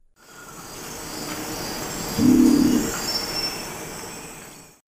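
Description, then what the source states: Long-wattled umbrellabird giving a single deep, low, buzzy boom lasting about half a second, heard against a steady hiss of forest insects. Recorded in Ecuador.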